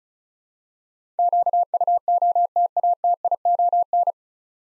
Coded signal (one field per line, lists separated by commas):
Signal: Morse code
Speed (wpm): 36 wpm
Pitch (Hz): 700 Hz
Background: none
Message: QUOTATION